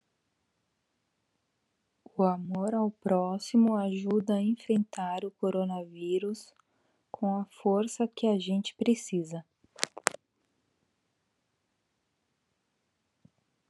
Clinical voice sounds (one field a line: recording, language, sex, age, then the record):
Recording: spoken sentence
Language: Brazilian Portuguese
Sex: female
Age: 30 to 39 years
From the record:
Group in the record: control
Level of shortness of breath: 0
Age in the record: 39 years